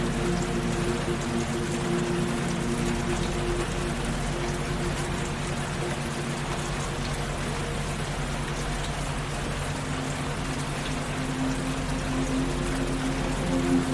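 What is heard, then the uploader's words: Rain falls in a steady, dense hiss that barely changes across the whole stretch. Beneath it sit several low, sustained humming tones, unbroken and level, with a couple shifting slightly in pitch around the tenth second. Rain Sounds & Alpha/Gamma Frequencies.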